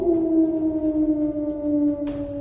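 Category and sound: animal, wolf pack howling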